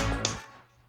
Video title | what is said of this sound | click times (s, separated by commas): Insta360 Luna Ultra Creator Bundle Unboxing - Comparison with DJI Osmo Pocket 3 Creator Combo | तो ये अब अब click हो गया। पहले क्लिक नहीं हो रहा था। अब इसको चार्ज करना शुरू हो गया। | 0.2 s